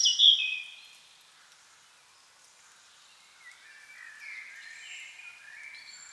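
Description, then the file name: European robin giving a short burst of high, thin notes at the start, then faint, scattered, wavering high tones over quiet background. "Erithacus rubecula"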